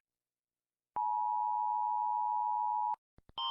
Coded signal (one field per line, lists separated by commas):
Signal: Emergency Alert System (SAME) tones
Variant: 853 and 960 Hz attention tone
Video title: Rating EAS alarms because I have nothing important to do in life right now